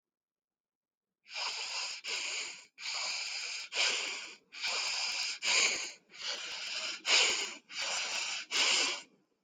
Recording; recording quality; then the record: shallow breathing; excellent, no background noise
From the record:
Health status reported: healthy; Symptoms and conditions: none ticked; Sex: male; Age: 25 years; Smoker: not ticked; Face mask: not worn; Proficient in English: yes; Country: United States